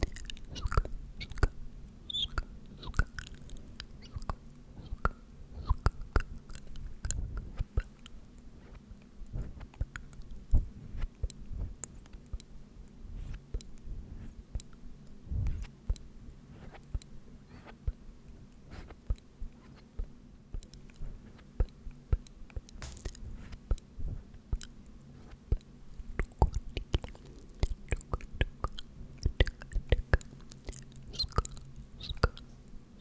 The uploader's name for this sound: Tk, Tk, Tk, Sk, Sk, Sk